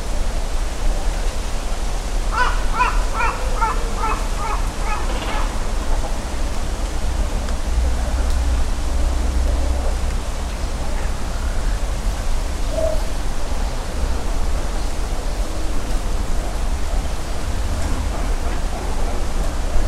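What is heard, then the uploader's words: Great cormorants call from a nesting colony, with a burst of rapid, repeated guttural croaks between about two and five seconds. Fainter calls surface later, around eleven and thirteen seconds, over a steady low rumble that runs throughout. Great Cormorants Nesting. Great cormorant colony beginning to nest in Hayashi, Ritto City, Shiga Prefecture, Japan. Recorded with EM172 stereo mics attached to a tree about 30cm in diameter, Sony ECM-M10 recorder.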